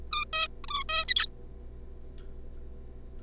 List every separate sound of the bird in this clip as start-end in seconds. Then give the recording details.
0.12-0.25, 0.33-0.48, 0.64-0.66, 0.68-0.83, 0.89-1.05, 1.08-1.26. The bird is a juvenile. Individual R3549